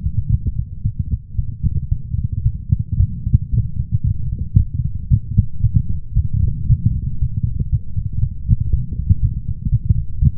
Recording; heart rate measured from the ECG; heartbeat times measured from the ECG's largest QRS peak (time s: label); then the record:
heart sounds by stethoscope; 115 bpm
0.30 s: heartbeat
0.83 s: heartbeat
1.36 s: heartbeat
1.89 s: heartbeat
2.44 s: heartbeat
2.98 s: heartbeat
3.51 s: heartbeat
4.04 s: heartbeat
4.57 s: heartbeat
5.09 s: heartbeat
5.61 s: heartbeat
6.14 s: heartbeat
6.68 s: heartbeat
7.20 s: heartbeat
7.70 s: heartbeat
8.21 s: heartbeat
8.71 s: heartbeat
9.20 s: heartbeat
9.70 s: heartbeat
10.20 s: heartbeat
From the record:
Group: healthy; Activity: light exercise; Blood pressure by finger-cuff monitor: 121/68 mmHg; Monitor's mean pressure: 85 mmHg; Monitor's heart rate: 115 bpm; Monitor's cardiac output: 9.2 L/min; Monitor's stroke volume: 81 mL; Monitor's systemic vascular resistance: 660 dyn s/cm5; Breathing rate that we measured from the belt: 18 breaths a minute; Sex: female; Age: 24 years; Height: 163 cm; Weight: 55.7 kg